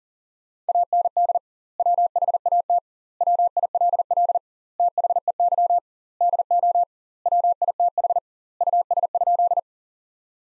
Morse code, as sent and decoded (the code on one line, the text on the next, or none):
.- -. -.. / .-- .... .- - / .-- .. .-.. .-.. / - .... . -.-- / -.. --- / .-- .. - .... / ..- ... ..--..
AND WHAT WILL THEY DO WITH US?